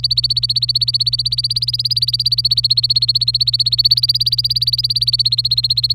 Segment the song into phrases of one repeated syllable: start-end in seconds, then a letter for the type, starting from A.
0.00-5.95 A